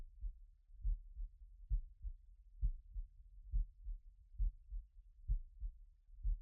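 Steady, regular low thumping heartbeat at roughly 68 beats a minute, with no added sounds.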